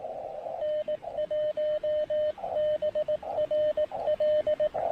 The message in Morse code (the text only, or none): N1BRL